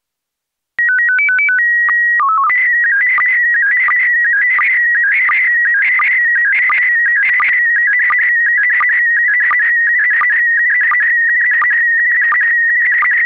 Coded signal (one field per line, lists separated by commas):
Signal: SSTV (slow-scan television)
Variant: PD 90